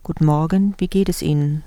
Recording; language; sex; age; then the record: spoken sentence; German; female; 50 to 59 years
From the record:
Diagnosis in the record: dysphonia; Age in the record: 58 years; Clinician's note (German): Leichte phsychogene, phonasthetisch mäßige Dysphonie